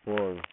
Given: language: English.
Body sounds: throat vibration sensor signal played as sound; speech

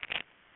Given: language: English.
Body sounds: throat vibration sensor signal played as sound; swallow

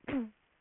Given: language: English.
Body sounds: throat vibration sensor signal played as sound; cough

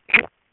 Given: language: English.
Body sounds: throat vibration sensor signal played as sound; swallow

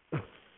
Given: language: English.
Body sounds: throat vibration sensor signal played as sound; cough

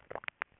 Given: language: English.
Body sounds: throat vibration sensor signal played as sound; swallow

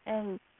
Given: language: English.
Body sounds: throat vibration sensor signal played as sound; speech

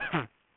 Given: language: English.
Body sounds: throat vibration sensor signal played as sound; cough

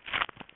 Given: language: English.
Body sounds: throat vibration sensor signal played as sound; swallow

